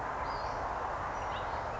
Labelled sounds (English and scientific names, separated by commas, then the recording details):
Western Flycatcher (Empidonax difficilis)
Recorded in Sonoma County, California